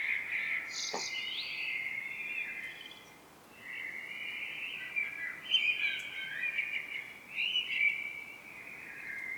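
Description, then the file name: Common blackbird song, a near-continuous flow of fluty warbling and high twittered notes with only a short break, over a soft background hiss. "Turdus merula"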